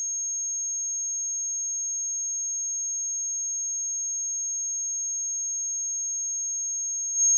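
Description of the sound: A steady, high-pitched pure tone near 6 kHz, held unchanged for about seven seconds, simulating the ringing of tinnitus.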